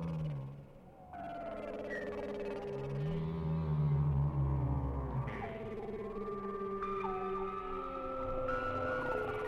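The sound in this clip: Whale song with long, steady tonal moans layered in harmonics, punctuated by brief higher wavering notes and a soft underlying rumble.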